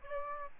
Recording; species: mosquito wingbeat signal from an infrared sensor; Aedes aegypti